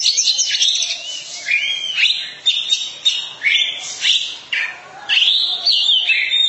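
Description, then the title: Oriental magpie-robin singing a rich, varied run of sweet whistles, slurred notes and scratchy chatter, delivered in rapid phrases with a few brief pauses. Long-duration song. "Kacer Durasi Panjang"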